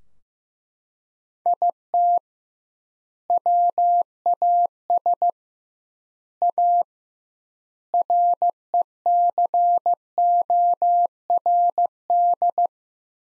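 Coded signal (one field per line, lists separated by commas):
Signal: Morse code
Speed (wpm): 15 wpm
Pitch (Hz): 700 Hz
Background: none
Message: IT WAS A RECORD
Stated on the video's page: Sentence copy practice at 15 wpm with 2x standard word spacing, a word-level analogue of Farnsworth spacing.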